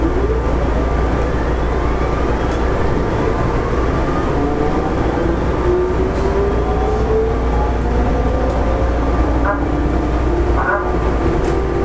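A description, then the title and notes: A 7000 series train runs along, giving a dense, steady rumble with a deep low drone throughout. Whining motor tones slide slowly upward and downward across the clip, and faint clicks and knocks appear now and then, with brief sharper ticks near ten and eleven seconds. 近畿日本鉄道７０００系電車の走行音です。 大阪市営地下鉄中央線への直通列車で録音しました。 区間は、生駒から谷町４丁目までです。 Running sound of 7000 series train.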